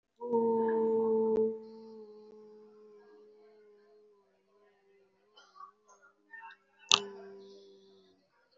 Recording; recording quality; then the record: sustained vowel as in boot; moderate, slight background noise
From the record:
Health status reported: respiratory illness, not identified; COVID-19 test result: negative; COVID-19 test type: RT-PCR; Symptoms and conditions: breathing difficulty, muscle pain, another respiratory illness, another condition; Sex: female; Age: 37 years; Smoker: no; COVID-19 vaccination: one dose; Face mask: worn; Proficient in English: no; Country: India